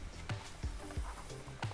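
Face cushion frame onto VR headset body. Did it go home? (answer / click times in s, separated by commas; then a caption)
no / none. A plastic facial interface, the foam face cushion frame, is handled against the front of an Oculus Quest 2 VR headset before being clipped on. Brief plastic knocks sound at about 0.3 s and 1.6 s, with softer handling noise and a low background hum in between. Nothing has seated or clicked into place yet.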